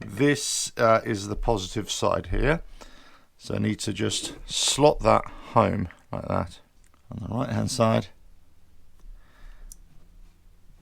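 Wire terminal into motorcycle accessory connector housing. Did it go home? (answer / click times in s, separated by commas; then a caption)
yes / 9.7 s. A positive wire terminal from an accessory harness is slotted home into the right-hand side of a plastic front connector housing on a Harley-Davidson motorcycle, part of the Electrical Connection Update Kit 69201750. Someone talks for the first eight seconds, and after a quiet pause a sharp, brief click at 9.7 s marks the terminal seating in the housing so it can no longer be pulled out.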